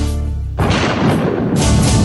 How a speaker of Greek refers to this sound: Καταιγίδα.